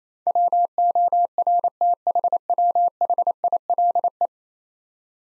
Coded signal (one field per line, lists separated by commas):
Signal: Morse code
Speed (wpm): 28 wpm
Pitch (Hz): 700 Hz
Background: none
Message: WORTHWHILE